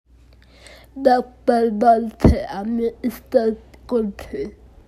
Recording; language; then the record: elicited speech; Bengali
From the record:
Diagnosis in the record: Broca's or global aphasia after a stroke